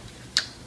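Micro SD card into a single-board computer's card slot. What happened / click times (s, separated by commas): The small card clicked into its spring-loaded slot / 0.4 s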